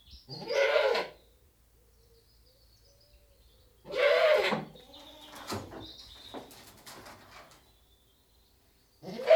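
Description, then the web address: Goat bleating: two loud, rough, wavering bleats, then another starting at the end. Fainter scratchy sounds fill the gap between them. British goat bleating; livestock. "The BBC Sound Effects Library Livestock British Goat Bleating"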